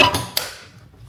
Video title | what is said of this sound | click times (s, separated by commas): Member's Mark Cooper Power Recliner Leather Sofa | okay, and they lock into place. | 0.4 s